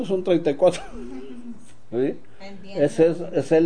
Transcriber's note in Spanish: risas